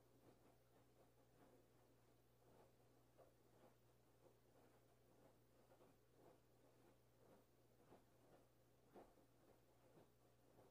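A laundry washing machine runs, with a steady low hum beneath a busy layer of sloshing, rubbing and light tapping. Soft swishes and small knocks come every second or so without a fixed rhythm, and the level stays even throughout.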